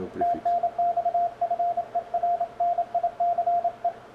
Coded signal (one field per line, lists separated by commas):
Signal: Morse code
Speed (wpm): 27 wpm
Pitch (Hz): 690 Hz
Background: radio noise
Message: TNX FER NICE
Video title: A Filosofia dos DX PY!AX